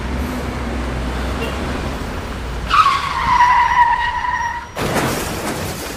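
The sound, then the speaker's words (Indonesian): Low traffic rumble, then a motorbike's tires let out a sharp, sustained skidding squeal for about two seconds as it grazes a pedestrian crossing the road outside a crosswalk, ending in a sudden harsh burst of noise. “Itu ada orang yang terserempet motor karena menyeberang tidak di tempat penyeberangan jalan.”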